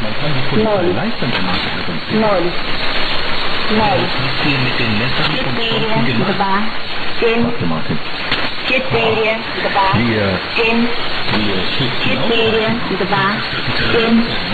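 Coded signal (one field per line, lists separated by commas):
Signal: numbers station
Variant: S06s, Russian female voice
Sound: female voice reading short, evenly spaced words, presumably Russian numbers, through constant hiss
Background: radio static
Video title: 31 07 2018 S06s Russian Lady numbers station in Russian to Eu 0730 on 7365 unknown tx site USB+AM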